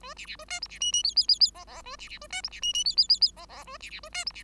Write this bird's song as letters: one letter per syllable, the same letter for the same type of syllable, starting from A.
A B B A C D B E E F F F F G G A B B A C D B E E F F F F G G A B B A C D B